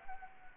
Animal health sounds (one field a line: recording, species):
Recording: mosquito wingbeat signal from an infrared sensor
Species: Anopheles arabiensis